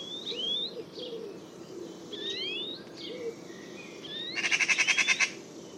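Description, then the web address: Birds calling with several sliding whistles, a few overlapping, followed by a loud fast rattle of pulses lasting under a second. "cianscape birddata Deverinetal"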